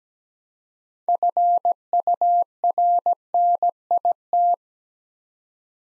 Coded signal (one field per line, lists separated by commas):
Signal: Morse code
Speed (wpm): 17 wpm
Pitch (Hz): 700 Hz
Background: none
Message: FURNIT